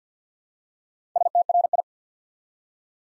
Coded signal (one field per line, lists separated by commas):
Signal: Morse code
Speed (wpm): 48 wpm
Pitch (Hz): 700 Hz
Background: none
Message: STRI